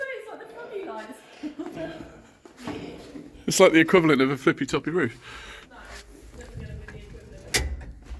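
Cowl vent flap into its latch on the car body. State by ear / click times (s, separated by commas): seated / 6.9 s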